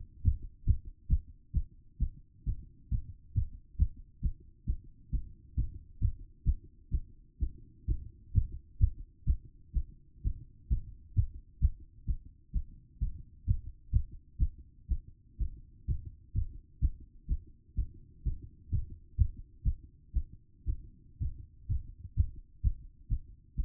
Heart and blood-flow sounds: heart sounds by stethoscope; 129 bpm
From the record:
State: after exercise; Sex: female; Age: 27 years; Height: 169 cm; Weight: 63 kg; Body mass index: 22.06

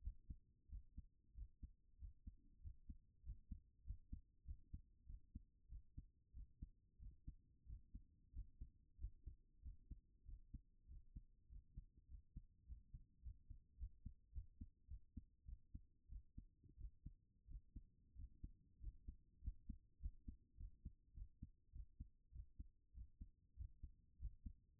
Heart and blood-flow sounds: heart sounds by stethoscope; 96 bpm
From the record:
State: at rest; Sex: female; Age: 39 years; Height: 175 cm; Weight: 68 kg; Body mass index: 22.20

